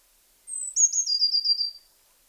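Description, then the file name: Eurasian blue tit with a high, thin lead-in note dropping into a rapid, gently descending trill of several notes, just over a second long, with nothing else audible. "Cyanistes caeruleus"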